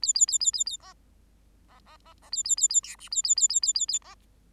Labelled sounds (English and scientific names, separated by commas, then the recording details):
Bengalese Finch (Lonchura striata domestica) song
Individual Bird8